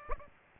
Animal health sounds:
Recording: mosquito wingbeat signal from an infrared sensor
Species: Aedes aegypti

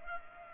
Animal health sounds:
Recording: mosquito wingbeat signal from an infrared sensor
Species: Culex pipiens

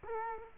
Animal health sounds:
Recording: mosquito wingbeat signal from an infrared sensor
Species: Culex quinquefasciatus

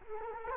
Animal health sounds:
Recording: mosquito wingbeat signal from an infrared sensor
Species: Culex quinquefasciatus

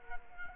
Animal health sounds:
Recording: mosquito wingbeat signal from an infrared sensor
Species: Culex quinquefasciatus

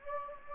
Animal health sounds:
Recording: mosquito wingbeat signal from an infrared sensor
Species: Anopheles gambiae

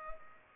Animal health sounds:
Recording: mosquito wingbeat signal from an infrared sensor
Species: Culex pipiens

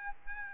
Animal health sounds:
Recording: mosquito wingbeat signal from an infrared sensor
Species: Aedes albopictus

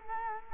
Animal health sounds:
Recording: mosquito wingbeat signal from an infrared sensor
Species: Culex quinquefasciatus

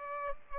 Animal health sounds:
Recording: mosquito wingbeat signal from an infrared sensor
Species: Culex pipiens

